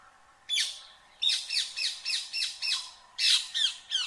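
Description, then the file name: Rose-ringed parakeet giving harsh, shrill screeching calls, one at first, then a rapid series of several squawks with a short pause near the end. "Canto do periquito indiano"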